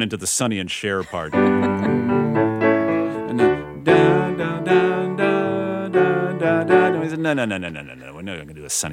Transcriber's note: soundbite of humming